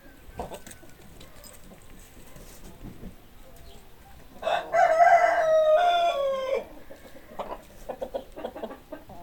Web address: sounds animals chickens